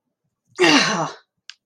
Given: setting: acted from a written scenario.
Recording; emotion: vocal sound without words; pain